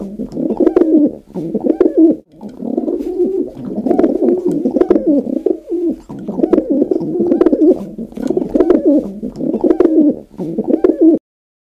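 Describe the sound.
Dove cooing: deep, rolling coos in a steady series about once a second, with brief clicks, ending abruptly.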